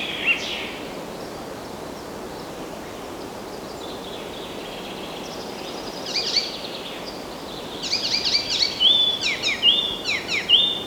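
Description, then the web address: Birdsong starts sparse, then a clear whistled note repeats about every second near the end amid other chirps, with steady background hiss. Forest birds. "مجموعه افکت صدا حیوانات SES Animals SFX Forest Birds"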